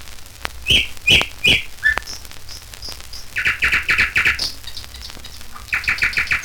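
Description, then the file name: Nightingale song: sharp whistled notes and clicks, then a fast run of loud, repeated chirping notes, followed by another rapid repeated series near the end. "Solovei s natury"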